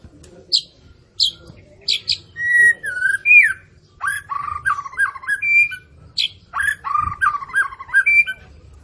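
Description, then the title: White-rumped shama: a few sharp high chips, then a long level whistle and bouncy rolling whistled phrases repeated in two bursts with short pauses. Morning song used as a lure to prompt captive white-rumped shamas into active singing; described as rich fill-in song ('isian mewah'). "PANCINGAN MURAI BATU. PAGI HARI! MURAI BATU GACOR ISIAN MEWAH"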